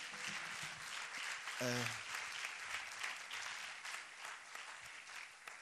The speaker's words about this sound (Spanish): En nuestra actuación, pues, habéis podido escuchar voces anónimas o no anónimas de un poeta que no está aquí, pero para el cual pido un aplauso. Miguel Galindo.